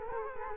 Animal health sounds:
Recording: mosquito wingbeat signal from an infrared sensor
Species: Culex quinquefasciatus

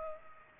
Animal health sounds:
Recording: mosquito wingbeat signal from an infrared sensor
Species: Culex pipiens

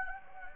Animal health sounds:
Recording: mosquito wingbeat signal from an infrared sensor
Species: Anopheles gambiae

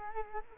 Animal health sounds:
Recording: mosquito wingbeat signal from an infrared sensor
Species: Culex quinquefasciatus

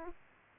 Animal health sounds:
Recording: mosquito wingbeat signal from an infrared sensor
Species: Aedes aegypti

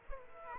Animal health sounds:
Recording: mosquito wingbeat signal from an infrared sensor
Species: Aedes aegypti

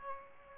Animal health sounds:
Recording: mosquito wingbeat signal from an infrared sensor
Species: Aedes aegypti

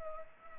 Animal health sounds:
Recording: mosquito wingbeat signal from an infrared sensor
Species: Culex pipiens

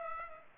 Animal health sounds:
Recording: mosquito wingbeat signal from an infrared sensor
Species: Culex pipiens

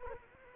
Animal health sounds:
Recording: mosquito wingbeat signal from an infrared sensor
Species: Culex quinquefasciatus

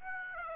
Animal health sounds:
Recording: mosquito wingbeat signal from an infrared sensor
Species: Aedes aegypti

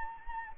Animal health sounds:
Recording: mosquito wingbeat signal from an infrared sensor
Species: Anopheles gambiae

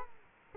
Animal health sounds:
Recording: mosquito wingbeat signal from an infrared sensor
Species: Culex quinquefasciatus

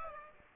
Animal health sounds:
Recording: mosquito wingbeat signal from an infrared sensor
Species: Aedes aegypti

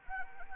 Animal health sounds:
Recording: mosquito wingbeat signal from an infrared sensor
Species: Anopheles arabiensis

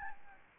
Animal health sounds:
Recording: mosquito wingbeat signal from an infrared sensor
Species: Aedes albopictus

